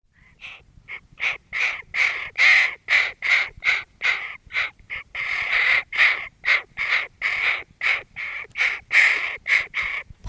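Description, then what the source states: Hooded crow calling in a fast run of short, hoarse caws, roughly two per second, uneven in loudness. Adult bird.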